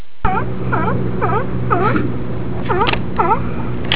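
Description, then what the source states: Sea lion calls: a rapid series of harmonic barking notes that dip then rise, over a steady low droning hum. San Francisco.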